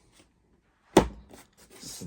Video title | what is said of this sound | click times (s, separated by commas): FFC Facility Diorama created by @HVX_Customs | snap right into place | 1.0 s